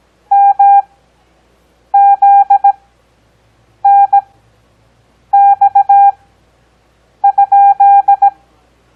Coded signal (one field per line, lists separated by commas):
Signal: Morse code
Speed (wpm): 17 wpm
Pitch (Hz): 800 Hz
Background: none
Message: MZNX?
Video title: Copy Morse Code 4th Grade